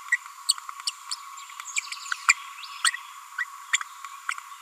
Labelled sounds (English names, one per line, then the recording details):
Green-rumped Parrotlet babbling
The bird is a female
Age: 30 days
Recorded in a nest box in Venezuela
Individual 17B42A4